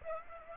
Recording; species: mosquito wingbeat signal from an infrared sensor; Aedes aegypti